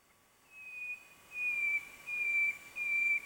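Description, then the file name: Common nightingale whistles: four long, steady, pure notes at one pitch, each held about half a second with short gaps between them. "Luscinia megarhynchos"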